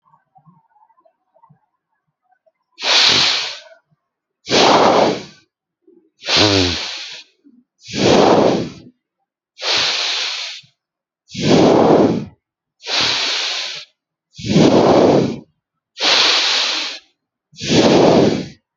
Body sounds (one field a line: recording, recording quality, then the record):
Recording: deep breathing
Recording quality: excellent, no background noise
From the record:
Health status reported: healthy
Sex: male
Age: 30 years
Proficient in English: no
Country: India